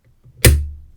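As a Federal 4000 puck-style padlock is picked and its last pin sets, the spring-loaded shackle springs open with a loud, sharp snap at 0.5 s, following faint low handling sounds. A low resonant ring trails off over the next half second, and the padlock is released open.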